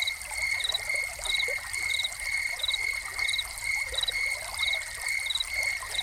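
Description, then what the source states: Cricket chirping steadily: a continuous high trilling tone with brighter chirps repeated at an even pace, over the steady hiss of splashing water. Soundscape of crickets calling beside a fountain.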